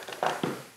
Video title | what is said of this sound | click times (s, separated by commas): NEW Tsmine RinseWise Spin Mop & Bucket System - Unboxing, Setup, How To, Review | you're going to put it right there and until you hear that snap | 0.1 s, 0.4 s